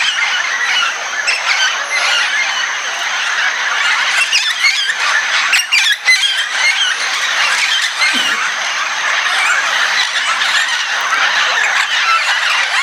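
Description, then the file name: Red-tailed amazon flock: loud, grating screeches and squawks overlapping without pause, with a brief dip in the noise partway through and a steady high tone behind. Recorded at Itanhaém, São Paulo state, Brazil. "Amazona-brasiliensis 3-RCastro-Itanhaem SP. ASilveira"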